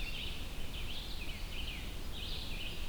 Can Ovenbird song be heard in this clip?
no